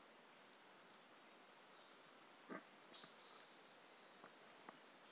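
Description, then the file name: Brachycephalus mirissimus toadlet: four quick high chirps close together, then a longer high note a little later, over a soft hiss. Individual 01, recorded 18 January 2018; the animal was not collected. "Brachycephalus mirissimus 18 jan 2018 individual 01 ex 02 A E Confetti not collected"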